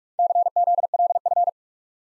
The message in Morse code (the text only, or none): CZLF